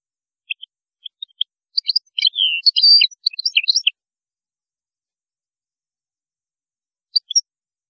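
European goldfinch song, a tumbling series of tinkling chirps and twitters for about three seconds, then a brief final phrase.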